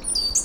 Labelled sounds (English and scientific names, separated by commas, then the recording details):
Stitchbird (Notiomystis cincta) song
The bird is a male
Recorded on Tiritiri Matangi Island, New Zealand, in 2005
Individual 1, of nest box 1